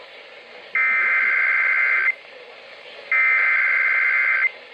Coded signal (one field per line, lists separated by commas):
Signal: Emergency Alert System (SAME) tones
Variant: header bursts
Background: speech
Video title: The spirit is coming back!!! EAS Alerts from 6/22/19 (EAS #2,786 - 2,809)